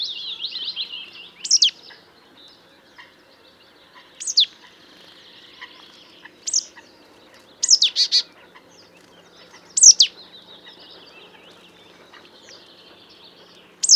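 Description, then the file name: Marsh tit calls: a string of high, sharp, downward-sweeping notes, some doubled, repeated every few seconds, with soft chattering between. "Poecile palustris"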